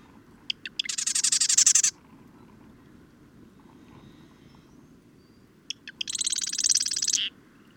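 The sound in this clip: Bird singing two high, rapid, buzzy trills about four seconds apart. Each trill is introduced by a few short sharp notes.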